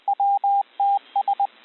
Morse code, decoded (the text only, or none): WTS